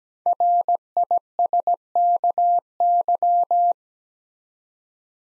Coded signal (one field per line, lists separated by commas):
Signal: Morse code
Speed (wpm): 17 wpm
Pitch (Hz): 700 Hz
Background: none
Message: RISKY